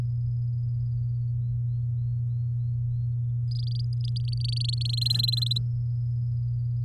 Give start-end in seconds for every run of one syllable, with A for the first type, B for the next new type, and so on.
3.51-5.58 A